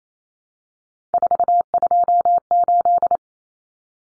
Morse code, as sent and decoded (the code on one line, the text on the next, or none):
....- ..--- ---..
428